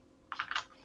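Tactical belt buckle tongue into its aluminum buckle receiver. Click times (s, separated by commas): 0.3 s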